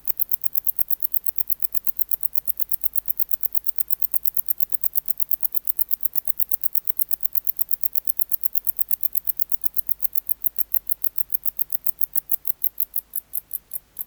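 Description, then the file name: Wart-biter song: fast, dry high-pitched ticking that runs on throughout and grows more spaced near the end, over a faint low hum. "Decticus verrucivorus"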